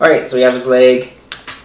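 Someone talks, then fits a build-a-figure leg plug into the plastic torso socket of an action figure, going in easily. A sharp plastic snap at 1.3 s marks the leg peg seating in the socket, followed by a softer second tap at about 1.5 s.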